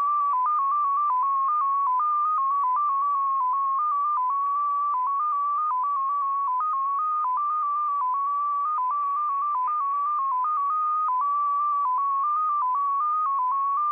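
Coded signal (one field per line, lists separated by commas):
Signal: multi-tone FSK (Olivia or MFSK type)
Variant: XPA2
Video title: XPA2 Data Mode 22/06/2023 1120 UTC 14982kHz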